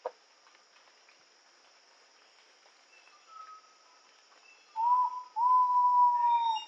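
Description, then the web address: Ivory-breasted pitta whistled call near the end: a brief note, then a long sustained whistle; faint bird notes and a high insect hum fill the quieter start. Indonesia. "ULM-DS-Lab indonesian-bird-sounds Pitta maxima"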